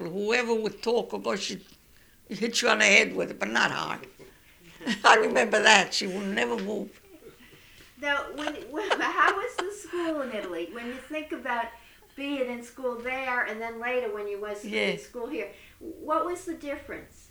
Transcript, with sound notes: Whoever would talk, she'd hit you on the head with it, but not hard. I remember that. She would never move. ( she laughs )
Now, how was the school in Italy? When you think about being in school there, and then later when you were in school here, what was the difference?